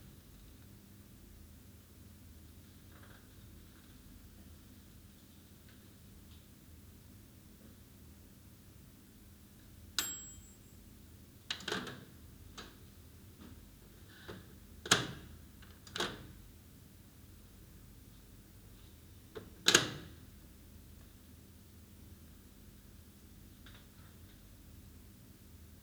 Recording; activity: daily activity, guitar pickup as the sensor; use microwave